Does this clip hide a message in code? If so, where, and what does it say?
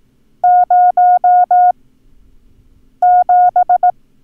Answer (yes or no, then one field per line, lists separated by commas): yes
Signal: Morse code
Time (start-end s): 0.4-3.9 s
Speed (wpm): 18 wpm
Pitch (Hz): 720 Hz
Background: none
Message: 07